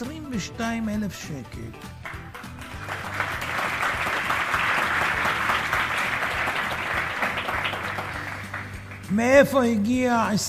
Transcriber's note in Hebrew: מחיאות כפיים